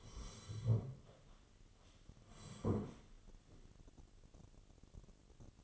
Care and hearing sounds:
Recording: daily activity, microphone in the room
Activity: sit down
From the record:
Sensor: 4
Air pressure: 1016.1 hPa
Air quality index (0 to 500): 181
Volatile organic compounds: 8 ppm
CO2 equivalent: 2063 ppm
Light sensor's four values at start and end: 9/20/8/7 and 9/20/8/7

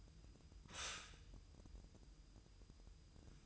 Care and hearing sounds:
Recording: daily activity, microphone in the room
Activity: stop toaster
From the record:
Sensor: 2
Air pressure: 988.4 hPa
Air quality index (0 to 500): 192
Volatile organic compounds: 188 ppm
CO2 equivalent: 4173 ppm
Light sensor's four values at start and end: 20/68/26/25 and 20/68/27/25

